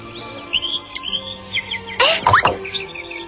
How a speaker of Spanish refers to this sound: ¡Es la paloma de la paz!